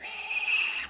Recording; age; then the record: pig call; piglet (1 to 25 days)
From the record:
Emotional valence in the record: negative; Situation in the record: castration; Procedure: castration, shear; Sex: male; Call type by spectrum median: high-frequency call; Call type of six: high-frequency modulated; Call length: 0.90 s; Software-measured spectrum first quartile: 2549 Hz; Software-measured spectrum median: 3132 Hz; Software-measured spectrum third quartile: 6528 Hz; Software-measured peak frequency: 2549 Hz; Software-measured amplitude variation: 149 dB a second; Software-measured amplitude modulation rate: 20.6 a second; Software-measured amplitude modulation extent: 7.2 dB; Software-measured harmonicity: 5.0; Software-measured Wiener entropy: -2.37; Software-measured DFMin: 503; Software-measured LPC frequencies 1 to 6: 941, 2568, 4203, 6457, 7122, 8819 Hz